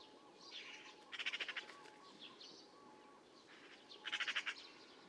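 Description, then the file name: Eurasian magpie rattling twice, two short harsh chatter bursts about three seconds apart, with soft calls of other birds. "Pica pica"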